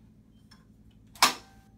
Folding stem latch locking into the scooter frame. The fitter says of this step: click nice a click and this position wow it's